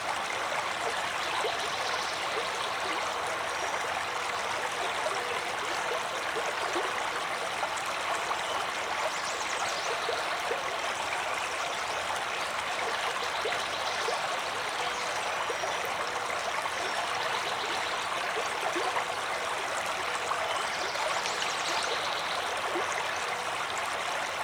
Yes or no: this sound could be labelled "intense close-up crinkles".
no